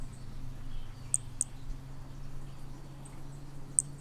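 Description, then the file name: Hermogenes' toadlet call: two quick pairs of very high, sharp clicks, one early and one at the end, over a steady low hum. Individual 01, example 01, at Picinguaba, Brazil, on 13 December 2017. "MHNCI Brachy hemogenesi Picinguaba ind 01 ex 01 sem detalhes 13 dez 2017"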